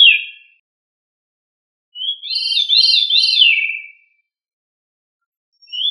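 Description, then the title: Thrush song, one clear warbled phrase of linked rising and falling whistles lasting about two seconds, framed by brief single notes, otherwise silent. "Familia Turdidae - Sabia"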